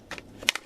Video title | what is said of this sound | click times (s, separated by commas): Driveway Catch Basin - How To for Do it Yourself - DIY Job | hear it click together | 0.5 s